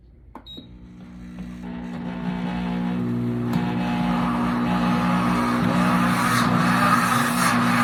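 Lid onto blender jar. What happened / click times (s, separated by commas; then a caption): The blender lid latched closed / 0.4 s. The loose lid of a heated Pampered Chef Deluxe Cooking Blender jar is re-fastened and latches closed with a single sharp click at 0.35 s. The lid must be seated this way because a built-in computer sensor tells the blender the lid is fastened, and it will not run otherwise. Afterward, a steady sound with tonal lines builds gradually in loudness until the end.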